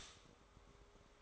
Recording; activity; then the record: daily activity, microphone in the room; stop toaster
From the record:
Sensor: 3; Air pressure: 1004.2 hPa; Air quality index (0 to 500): 200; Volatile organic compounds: 15 ppm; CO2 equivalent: 2509 ppm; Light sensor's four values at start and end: 4/11/4/4 and 4/11/4/4